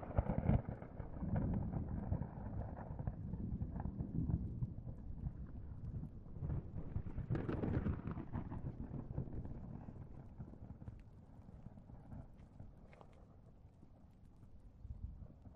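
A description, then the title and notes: Thunder grumbles low and rough throughout, with an irregular crackling, thumping texture layered in. The rumble swells loudest around the seven to eight second mark, then eases into a softer, thinner roll before a small rise right at the end. All Raw and mixed audio recorded on: Focusrite Scarlett CM25, Focusrite Scarlett 2i2 Audio interface.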